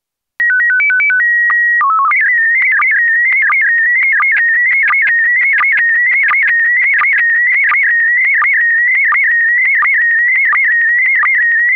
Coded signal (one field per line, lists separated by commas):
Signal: SSTV (slow-scan television)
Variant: PD 90